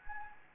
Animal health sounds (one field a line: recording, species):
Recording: mosquito wingbeat signal from an infrared sensor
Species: Anopheles gambiae